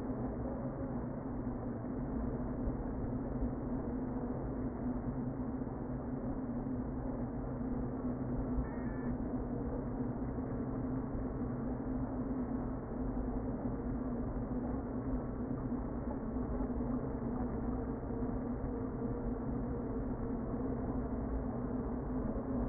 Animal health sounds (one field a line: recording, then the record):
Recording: honeybee colony, microphone inside the hive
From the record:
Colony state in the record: queen present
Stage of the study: before two queens were removed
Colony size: about 60,000 bees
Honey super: yes